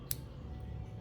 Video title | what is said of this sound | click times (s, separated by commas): Jeane's Kenmore 158.1400 Sewing Machine Final Test and Tutorial | And the thread kind of clicks into place so you know you've got it | 0.1 s